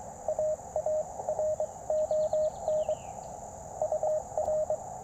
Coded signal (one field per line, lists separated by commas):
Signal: Morse code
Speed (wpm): 21 wpm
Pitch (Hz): 620 Hz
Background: none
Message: AARON UR